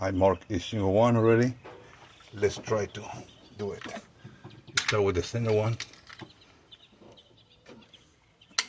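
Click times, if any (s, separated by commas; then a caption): 8.6 s. A click-type torque wrench tightens a cylinder head bolt on a Ram truck Cummins diesel engine while someone talks. Scattered light metallic ticks follow, then the wrench gives a sharp, clear click at 8.6 s as it reaches its torque setting.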